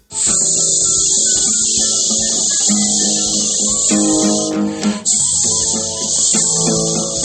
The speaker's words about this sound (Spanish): Los mosquitos charlaban sin parar alrededor de su cabeza.